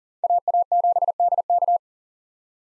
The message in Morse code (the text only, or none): AA7DK